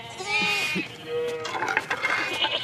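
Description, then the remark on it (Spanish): A sheep bleats in a wavering, nasal cry, followed by a shorter, steadier bleat, then a stretch of scuffling, rustling noise as the flock in a fenced pen shifts about while someone enters and crosses among them. “Entra cruzando entre las ovejas y se sienta frente a él, percibiendo su tristeza.”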